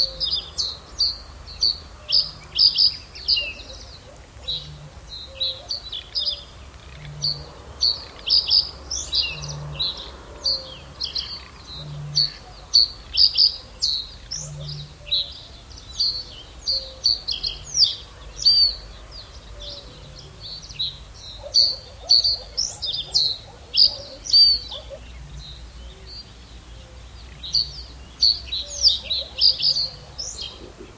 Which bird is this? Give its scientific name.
Emberiza schoeniclus